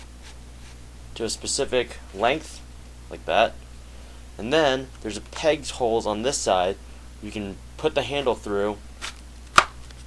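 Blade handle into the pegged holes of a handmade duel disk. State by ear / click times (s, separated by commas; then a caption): seated / 9.6 s. The handle of a homemade popsicle-stick and poster-board dueling blade is pushed through the pegged holes on a handmade duel disk while someone talks. A sharp knock at 9.6 s marks the handle locking in place, so it won't fall off when shaken.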